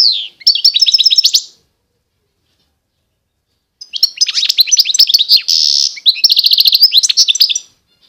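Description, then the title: European goldfinch song: a short rapid twittering phrase, a pause, then a longer tumbling sequence of liquid chirps including a buzzy note. Wild bird. "اجمل غناءالحسون الخلويchant chardonneret sauvage"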